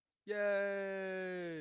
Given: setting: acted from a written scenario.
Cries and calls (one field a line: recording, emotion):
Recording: vocal sound without words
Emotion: elation